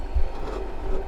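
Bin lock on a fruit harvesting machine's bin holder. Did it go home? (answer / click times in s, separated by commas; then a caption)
no / none. The bin lock on the bin holder of a full electric Munckhof Pluk-o-trak orchard harvesting machine is being handled during an automatic bin change, as the machine lowers and the fruit bin stands upright. A steady low mechanical hum and rumble continues throughout with no sharp transients. Nothing has seated or clicked yet.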